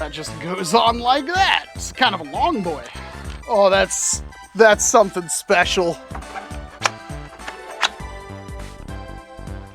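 During unboxing and assembly of the Brontusk, a NERF-style 1871 Martini Henry foam-dart blaster replica, a plastic attachment part is handled as it is fitted onto the toy blaster. Someone talks over music, with a brief sharp sound near 6.9 s. The part has not seated or clicked into place yet.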